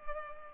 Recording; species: mosquito wingbeat signal from an infrared sensor; Culex pipiens